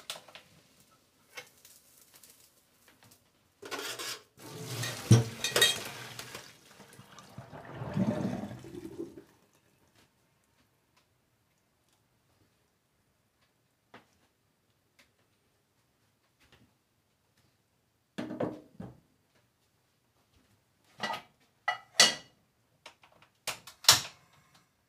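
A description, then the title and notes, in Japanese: Someone works in a kitchen: a dense burst of clattering and rustling early on, long silence, then sharp knocks and clinks near the end. 環境音 朝、何作ったか忘れた。キッチンで何かを作っていた。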